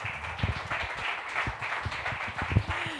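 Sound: audience applause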